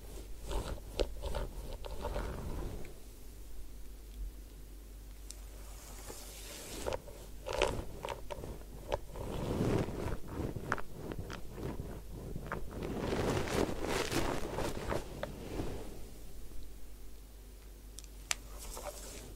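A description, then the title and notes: Hair washing and head massage with rubbing, scratching and splashing swells in busy bursts, quieter near three and seventeen seconds, over a steady low hum. Head Spa Hair Wash, Massage, Ear Cleaning.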